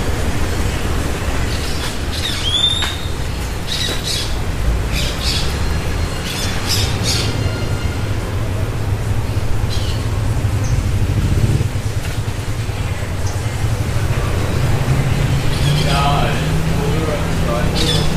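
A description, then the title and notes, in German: Birds call in the evening, with short bright chirps scattered through the clip, including a sharp rising call near the three-second mark. Underneath runs a steady low rumble that swells slightly around the middle and again near the end, keeping the scene constantly busy. Abendstimmung am Pazifik.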